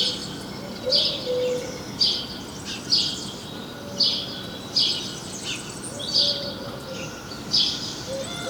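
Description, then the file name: House sparrow chirps, short bright notes repeated about once a second in a steady series, over constant background hiss. "Passer domesticus"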